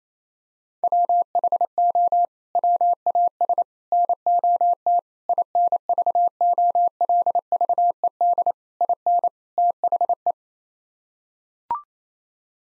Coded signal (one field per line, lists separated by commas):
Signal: Morse code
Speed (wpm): 27 wpm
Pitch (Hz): 700 Hz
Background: none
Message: WHO WAS NOT INVOLVED IN THE